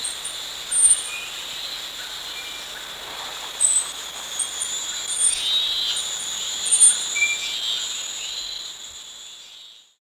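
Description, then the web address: Bornean stubtail: a scattered run of thin, sharp, very high notes, sometimes doubled, above a continuous insect hum that fades out at the end. Recorded at Danum on 1 March 2008. "DANUM 20080301. bornean stubtail"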